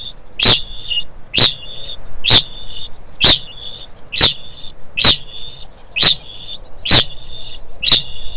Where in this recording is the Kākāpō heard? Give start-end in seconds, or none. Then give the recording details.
0.00-8.36. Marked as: faintness 2/5. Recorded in New Zealand. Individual Stumpy